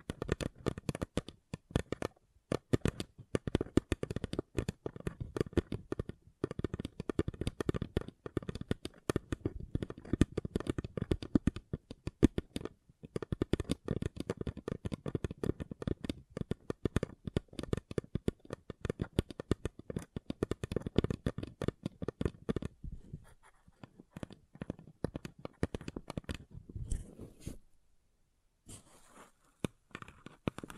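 Paper cup tingles: dense, rapid crinkling and tapping through most of the clip, thinning to sparser scratches and pauses after about 23 seconds.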